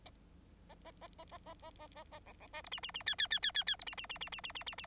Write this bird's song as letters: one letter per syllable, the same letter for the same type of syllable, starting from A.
A A A A A A A A A A B B C D E E E F F F F F F D E E E E E E E E E